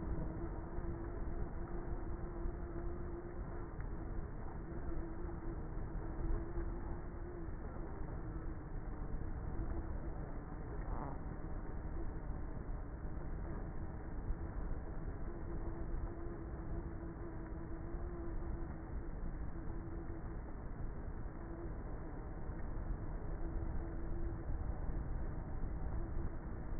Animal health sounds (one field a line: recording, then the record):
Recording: honeybee colony, microphone inside the hive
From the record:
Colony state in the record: queenless with a low population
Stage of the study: before two queens were removed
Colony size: about 30,000 bees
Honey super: no